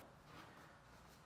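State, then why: Not seated. A new mains cable connector for a Bosch dishwasher is handled at the appliance's terminal socket before being pushed in. Only a steady, low broadband rustle is heard, with no distinct hits or talk. Nothing has seated or clicked yet.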